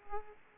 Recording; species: mosquito wingbeat signal from an infrared sensor; Aedes aegypti